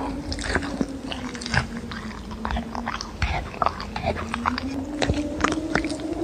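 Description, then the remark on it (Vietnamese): Wet chewing and smacking coming from behind a broken stone stele, with irregular crunchy bites and squelches repeating over a steady low hum, loud and continuous for several seconds. “Nhưng chưa kịp xoay người, từ đằng sau tấm bia vỡ đã vọng ra tiếng gai tịt chóp chép.”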